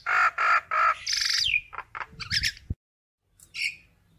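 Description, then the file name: Common myna calls: three short harmonic notes, then a long whistle sliding downward, a few harsh chattering notes and a brief rising whistle after a pause. Calling to gather its flock. "Tieng sao nau goi bay"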